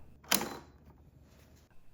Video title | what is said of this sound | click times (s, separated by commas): I Bought the DeLonghi Magnifica Espresso Machine... Honest Review! | and replace it with this container locking it into place | 0.2 s, 0.4 s